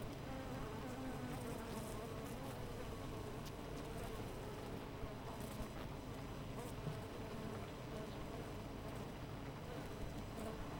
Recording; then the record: honeybee colony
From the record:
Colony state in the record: missing queen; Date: 14 July 2017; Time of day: 5:36